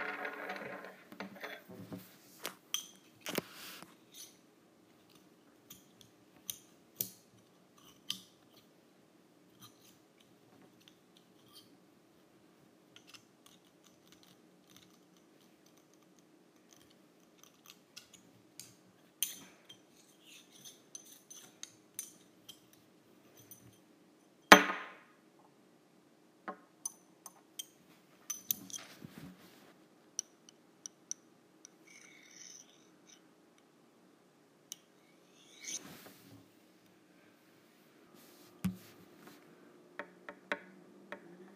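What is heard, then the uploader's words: Metal straws clink and tap sparsely, with a low steady hum underneath and one sharp bright clack near the middle. ASMR Using Metal Straws.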